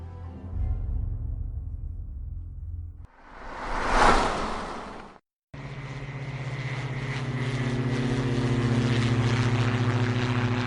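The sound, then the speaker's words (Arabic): Aboard an airplane in pitch darkness, a low engine rumble gives way to a rising rush of air, then a brief silence before a steady, throbbing propeller drone with humming tones holds loudly to the end. “أن تكون في الظلام على الأرض فهذا محتمل، أن ترى الضوء وأنت في السماء فهذا معقول، لكن أن تجد نفسك في الظلام على متن طائرة فهذا هو الكابوس بعينه.”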